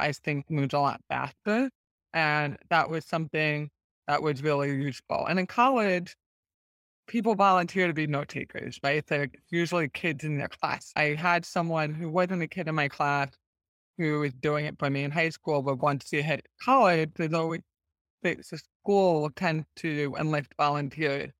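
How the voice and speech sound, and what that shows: Fluent conversational speech from one adult woman with moderate-to-severe hearing loss diagnosed in early childhood, who wears hearing aids. Her tone is slightly flat and somewhat mechanical, with some creak, devoiced word-final sounds and nasal vowels. These are mild articulation differences typical of speech in someone with hearing loss.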